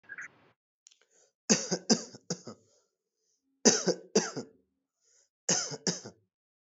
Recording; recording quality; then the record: shallow voluntary cough; excellent, no background noise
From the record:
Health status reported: healthy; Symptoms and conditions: none ticked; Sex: male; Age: 33 years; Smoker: yes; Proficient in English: yes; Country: India